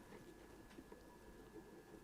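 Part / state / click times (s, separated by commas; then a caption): CPU cooler mounting screw into bracket standoff / not seated / none. A spring-loaded CPU cooler mounting screw for a white Thermalright Assassin X Revised SE RGB is turned backwards against its bracket standoff to line up the threads before tightening. Only faint, soft handling ticks and light scraping are heard over a steady low background hum. Nothing has seated or clicked yet.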